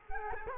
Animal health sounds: mosquito wingbeat signal from an infrared sensor; Culex quinquefasciatus

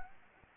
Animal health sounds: mosquito wingbeat signal from an infrared sensor; Anopheles arabiensis

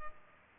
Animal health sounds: mosquito wingbeat signal from an infrared sensor; Culex pipiens

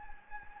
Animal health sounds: mosquito wingbeat signal from an infrared sensor; Anopheles gambiae

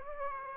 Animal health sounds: mosquito wingbeat signal from an infrared sensor; Aedes aegypti

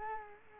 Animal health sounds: mosquito wingbeat signal from an infrared sensor; Culex quinquefasciatus

